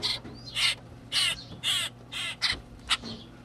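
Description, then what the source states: Grackle chick giving harsh, raspy squawks in short bursts, several in a few seconds, over a low steady hum. Baby grackle, noisy, very talkative and nonstop hungry, in care at a wild bird hospital on Manhattan's Upper West Side, New York City.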